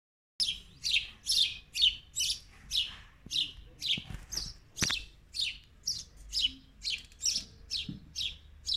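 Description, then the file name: Bird calls, a steady series of high chirps repeated about twice a second, with a few faint knocks in the background. Birds at a window. "Field Recording - birds at the window"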